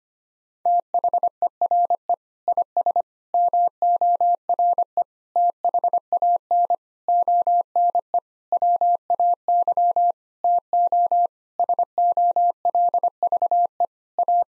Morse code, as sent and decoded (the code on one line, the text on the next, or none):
- .... . .-. . / .. ... / -- --- .-. . / - .... .- -. / --- -. . / .-- .- -.-- / - --- / ... --- .-.. ...- . / .-
THERE IS MORE THAN ONE WAY TO SOLVE A